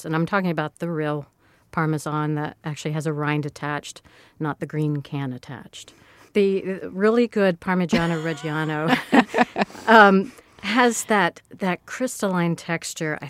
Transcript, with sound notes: And I'm talking about the real Parmesan that actually has a rind attached, not the green can attached. The really good Parmigiano-Reggiano...
(LAUGHTER)
...Has that crystalline texture.